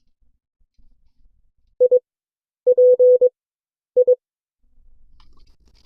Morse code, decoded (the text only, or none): I P I